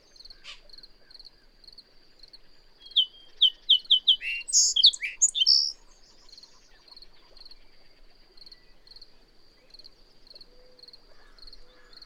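Bird song burst in mid-recording: a string of quick chirps rising into a tangled cluster of sharp high notes, framed by a regular faint high ticking tone.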